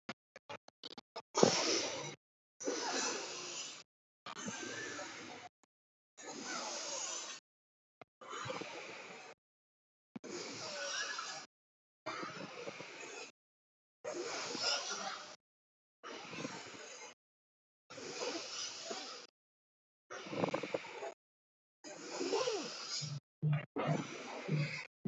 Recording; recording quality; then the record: deep breathing; excellent, no background noise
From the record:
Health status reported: healthy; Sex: male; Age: 30 years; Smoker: yes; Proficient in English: yes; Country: India